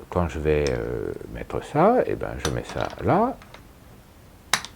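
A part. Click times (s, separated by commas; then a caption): 4.5 s. Someone talks while pushing a camera with a quick-release plate attached into the quick-release clamp on a Gitzo tripod head. A sharp click at 4.5 s, followed by a faint tick, marks the plate clipping into the clamp and seating.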